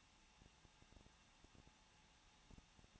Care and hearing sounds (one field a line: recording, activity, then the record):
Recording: daily activity, microphone in the room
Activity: no activity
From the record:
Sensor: 1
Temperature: 20.1 degrees Celsius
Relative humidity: 39.1%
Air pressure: 1006.4 hPa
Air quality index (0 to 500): 216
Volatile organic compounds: 73 ppm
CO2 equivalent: 3543 ppm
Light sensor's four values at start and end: 1/2/1/1 and 1/2/1/1